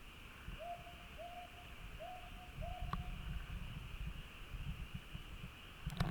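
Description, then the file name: Northern boobook giving four mellow hoots. A heavy low rumble and a steady high hum run beneath, with a sharp click near the end. "aobazuku"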